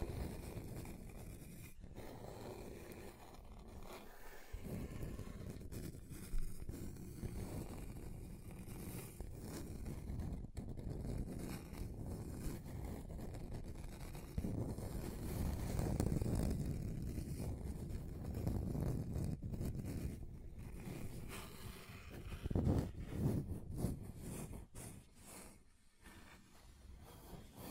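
Scratching on a table across different surfaces, a dense, continuous rasping that sits mostly low with a rough upper hiss. The texture shifts in grain every few seconds, swelling louder around 15–17 and 22–23 seconds, with brief sharp breaks near 4, 10 and 26 seconds.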